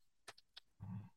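Two faint clicks, then a deep, gurgling rumble lasting about a third of a second from an adult man's stomach. This is stomach growling (borborygmi): normal gut sounds from gas and fluid moving through the intestines.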